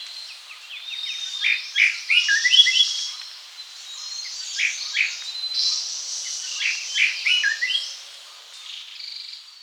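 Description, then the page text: Greater racket-tailed drongo singing a jumbled series of whistles, clicks and chirps with some rising and falling notes, over a steady high background hiss. "Greater Racket-Tailed Drongo Song. Quick Sounds"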